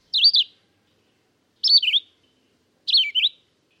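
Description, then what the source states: Gray Catbird giving short, slurred, squeaky phrases that waver downward, three in all, spaced a little over a second apart, in otherwise quiet surroundings. Eats poison ivy berries in late summer and fall; not sensitive to urushiol.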